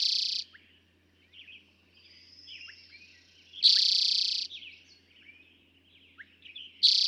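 Eastern towhee singing a loud, fast, rattling trill repeated roughly every three seconds, with softer twittering throughout.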